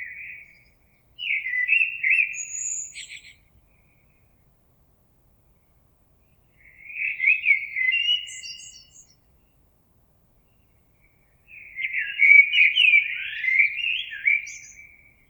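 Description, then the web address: Common blackbird song: three warbled phrases, each a mellow fluting run ending in high squeaky twitters, separated by pauses of two to three seconds. Recorded on 26 April 2022. "oiseaux Merle 2022 04 26"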